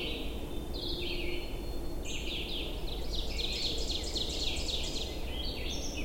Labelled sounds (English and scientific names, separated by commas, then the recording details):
Ovenbird (Seiurus aurocapilla) song
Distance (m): 50 m
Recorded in boreal forest in Alberta, Canada, on 22 June 2016 at 07:22
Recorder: SongMeter 3, array SBT-6-76
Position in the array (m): 31 m, 84 m
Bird 2